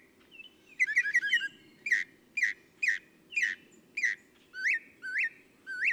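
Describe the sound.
Northern mockingbird song: a quick jumble of twittering notes, then repeated slurred phrases, the last ones rising whistles.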